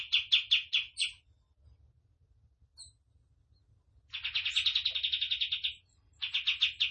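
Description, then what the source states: Tembakan bird singing rapid trains of harsh, evenly pulsed notes, one short burst, a long pause, then a longer run and another burst, with steady low background hum. Tutor song for training caged birds; the bird is described as gacor, singing actively.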